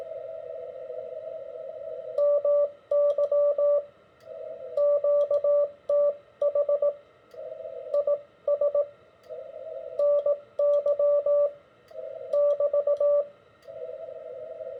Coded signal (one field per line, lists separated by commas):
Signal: Morse code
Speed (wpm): 18 wpm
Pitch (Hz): 580 Hz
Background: radio noise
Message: MY QTH IS NY <BT>